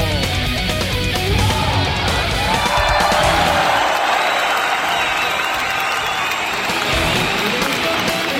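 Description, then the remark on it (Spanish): Canned applause: a dense, steady wash of clapping and crowd cheering that holds at an even, fairly loud level for about eight seconds without a break. “Muy bien, un aplauso enlatado, por favor, para esta nueva banda asociada,”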